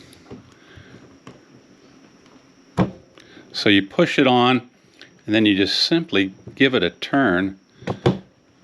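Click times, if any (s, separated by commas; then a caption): none. An RO water filter cartridge is pushed onto its filter head on a SimPure 5-stage RO water filtration system T1-400UV with a built-in booster pump, then given a twist, with light handling taps and rubs under someone talking. The cartridge is handled but not yet home: nothing has seated or clicked yet.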